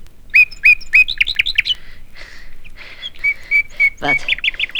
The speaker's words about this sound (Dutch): Wat is dat voor verrukkelijke muziek? Is dat niet de nachtegaal? Ja, de echte nachtegaal. Oeh, zou hij terugkomen?